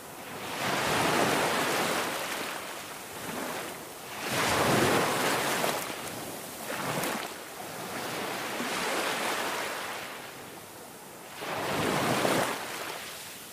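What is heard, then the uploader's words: Big ocean waves break and wash onto a beach in a continuous roar, swelling and easing every few seconds. The loudest crashes come near the start, around four to five seconds, and again near twelve seconds, with hissing foam between them and wind underneath. Stormy sea sound effect. Big ocean waves splashing breaking on beach.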